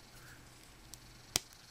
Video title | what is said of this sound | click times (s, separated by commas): Motion Revive Series 2 | clicks into place and it has a secure hold that's pretty decent there and | 1.4 s